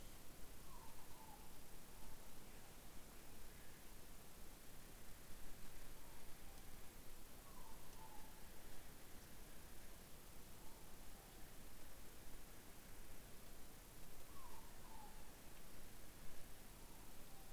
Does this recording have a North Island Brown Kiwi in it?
no